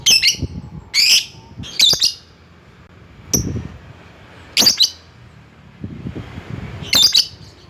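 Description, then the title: Lovebird giving loud harsh shrieks, single or doubled, spaced irregularly about a second or more apart. Lovebird calling a rival. "Lovebird Memanggil Lawan"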